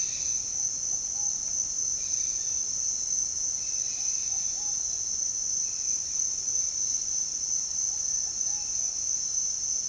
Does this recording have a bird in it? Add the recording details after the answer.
yes. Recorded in dense forest near Puerto Asís, Putumayo, Colombia, on 22 June 2025 at 07:30. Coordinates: 0.499, -76.324. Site G100